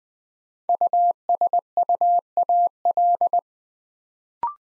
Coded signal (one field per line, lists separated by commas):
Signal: Morse code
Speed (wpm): 20 wpm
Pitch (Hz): 700 Hz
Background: none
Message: USUAL